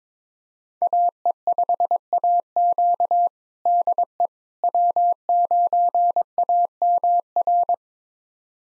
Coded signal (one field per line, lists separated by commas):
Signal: Morse code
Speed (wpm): 22 wpm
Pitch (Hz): 700 Hz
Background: none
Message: AE5AQ DE W9AMR